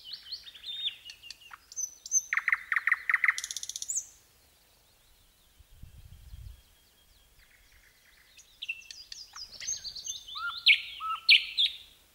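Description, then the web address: Nightingale song: loud repeated pulsed notes building into a rapid rattling burst, a short pause, then varied whistled and chattering phrases with piercing notes near the end. Song of a wild-caught nightingale. "spiew slowika z polowu"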